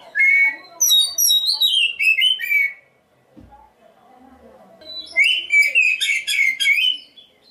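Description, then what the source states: Magpie-robin song: two bursts of loud, varied whistled phrases with sweeping slurred notes and rapid high trills, separated by a pause of about two seconds with a soft knock. Black-breasted magpie-robin, called kacer dada hitam.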